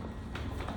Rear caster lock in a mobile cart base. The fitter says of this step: you're going to hear the rear two casters are actually going to engage and lock into place.